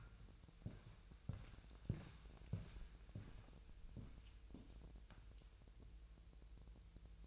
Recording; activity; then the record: daily activity, microphone in the room; walk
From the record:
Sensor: 2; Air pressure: 1002.0 hPa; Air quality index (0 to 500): 230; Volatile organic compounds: 59 ppm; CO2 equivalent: 3402 ppm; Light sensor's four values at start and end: 6/16/6/7 and 7/16/6/7